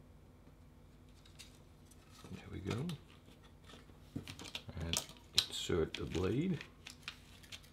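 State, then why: Not seated. A plastic blade is being inserted into a modified McFarlane hidden blade gauntlet while someone talks, with soft handling noise and short sharp plastic ticks around 4.3–4.7 s and again near 6.9 and 7.1 s. The clip ends before the blade goes home, so nothing has seated or clicked yet.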